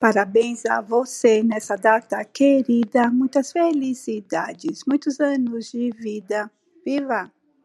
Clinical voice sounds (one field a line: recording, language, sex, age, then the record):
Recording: short text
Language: Brazilian Portuguese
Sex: female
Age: 60 to 69 years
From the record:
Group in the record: control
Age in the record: 60 years